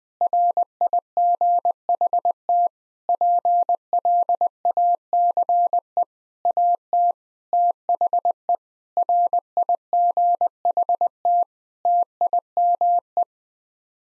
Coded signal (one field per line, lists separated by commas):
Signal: Morse code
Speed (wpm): 20 wpm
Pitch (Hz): 700 Hz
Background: none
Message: RIGHT PLACE AT THE RIGHT TIME